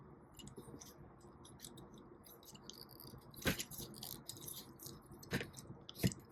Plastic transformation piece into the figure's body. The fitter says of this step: And I'm just trying to make sure, there we go. I heard it snap, so that's good.